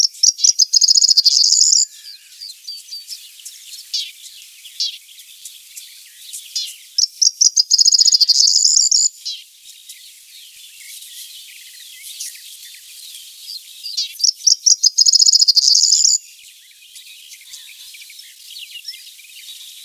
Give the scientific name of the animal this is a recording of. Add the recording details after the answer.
Emberiza calandra. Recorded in the wild. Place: Waltershofen / Freiburg im Breisgau, Baden-Württemberg, DE. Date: 1976-06-13. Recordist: Schwarz, Dieter